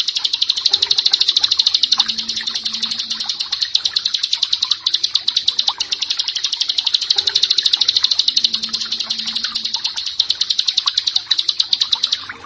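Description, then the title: Prinia song: a fast, unbroken run of high, thin ticking notes held for the whole stretch, with a faint low hum beneath. "Ciblek Sawah"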